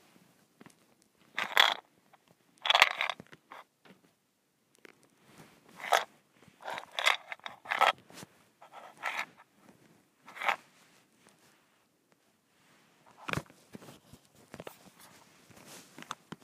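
A mint shaker is rattled in short bursts, each a quick, bright clatter of small pieces, mostly lasting under a second. The shakes come irregularly, about ten over the span, with near-silent gaps and faint scraping and clicking between them.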